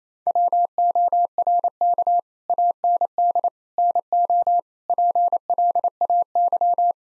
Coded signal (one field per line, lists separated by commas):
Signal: Morse code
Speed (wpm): 28 wpm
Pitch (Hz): 700 Hz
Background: none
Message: WORK AND NO PLAY